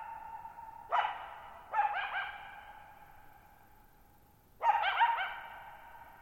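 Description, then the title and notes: Coyote barking, a few short harsh barks, each trailing into a long reverberant tail over near silence. One lone coyote at night, July 14, 2019, Thirtymile Meadows, Okanogan National Forest, Okanogan High Country, Pacific Northwest, 6400 ft (1950 m), high dry plateau, shallow bowl-shaped meadow. "Lone Coyote at Thirtymile Meadows. I spent the night of July 14, 2019, camped near Thirtymile Meadows in the Okanogan National Forest at 6400 ft (1950 m)"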